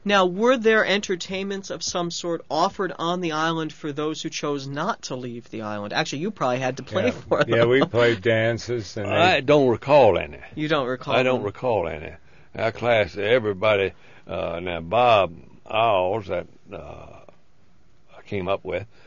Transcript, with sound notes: Now were there entertainments of some sort offered on the island for those who chose not to leave the island? Actually, you probably had to play for them. (he laughs)
Yeah, we played dances, and...
I don't recall any.
You don't recall...
I don't recall any. Our class, everybody, now Bob Owles that I came up with,